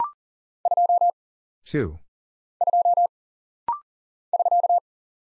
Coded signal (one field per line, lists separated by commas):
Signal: Morse code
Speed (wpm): 40 wpm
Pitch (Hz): 700 Hz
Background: none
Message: 2 2 <SK>